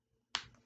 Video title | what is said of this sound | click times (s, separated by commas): Preschool Class at Bailey Preschool | you hear that click and you will have to know how to do that | 0.3 s